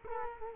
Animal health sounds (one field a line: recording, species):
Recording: mosquito wingbeat signal from an infrared sensor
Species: Culex quinquefasciatus